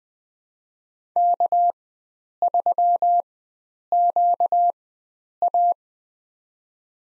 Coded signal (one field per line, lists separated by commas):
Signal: Morse code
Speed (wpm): 20 wpm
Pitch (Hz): 700 Hz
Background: none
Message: K3QA